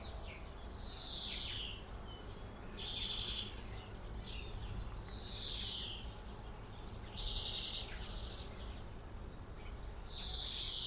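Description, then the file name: European greenfinch calling with nasal, buzzy wheezes, some sliding downward, others flat, repeated at irregular intervals against a constant low background hum. "Chloris chloris"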